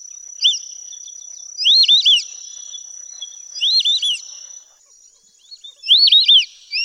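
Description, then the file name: White-faced whistling duck uttering triple whistles: a sharp note, then three bouts of three clear arched whistles roughly two seconds apart and the start of another, over a steady insect buzz. "audio burung belibis muka putih. omkicau"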